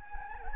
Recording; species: mosquito wingbeat signal from an infrared sensor; Anopheles gambiae